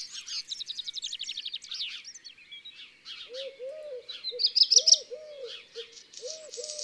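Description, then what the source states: Eurasian Collared Dove cooing in the second half, low soft three-note phrases repeated, beneath busy high twittering and trilled songs of other small birds. Song, fourth of six garden-bird species in a recognition exercise.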